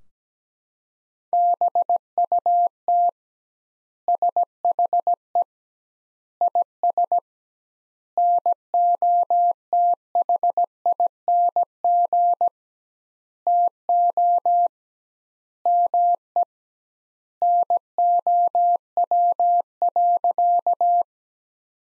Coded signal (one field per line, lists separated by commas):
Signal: Morse code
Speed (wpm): 17 wpm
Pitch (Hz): 700 Hz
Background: none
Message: BUT SHE IS NOTHING TO ME NOW.